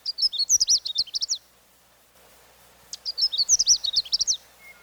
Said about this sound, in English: Canada warblers likewise stay here, calling witchet a witchet.